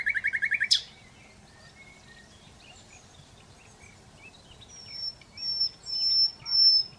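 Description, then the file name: Common Nightingale song, a short rapid stuttering trill, then soft scattered notes and a few long, thin high whistles toward the end. "Luscinia megarhynchos"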